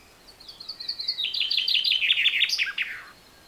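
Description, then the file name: Common chaffinch song: thin opening notes, then a run of bright repeated notes ending in a short descending flourish. "Fringilla coelebs"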